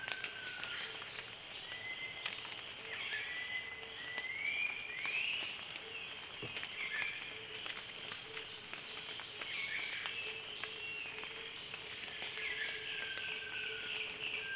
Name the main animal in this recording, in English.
Rufous Flycatcher-thrush